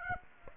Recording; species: mosquito wingbeat signal from an infrared sensor; Aedes aegypti